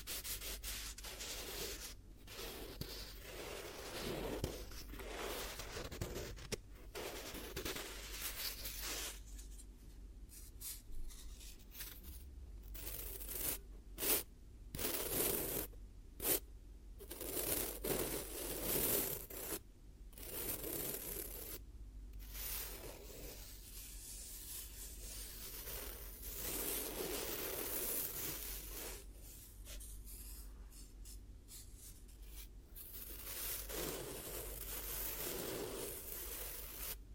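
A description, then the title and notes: Hypnotic triggers of soft scraping, rubbing and scratching come in uneven bursts, broken by brief silent gaps, over a steady low hum. ASMR 10 Hypnotic Triggers Around Your Head and Ears (No Talking).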